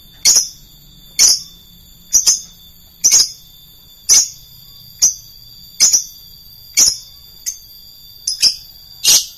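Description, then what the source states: Lovebird giving short, sharp, high chirps roughly once a second, some doubled, over a faint constant high-pitched whine. Call style named konslet.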